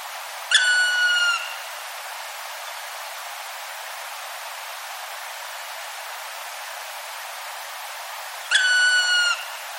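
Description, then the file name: Black Woodpecker repeating a long, ringing, slightly falling call twice, about eight seconds apart, with only faint steady hiss in between. "kumagera"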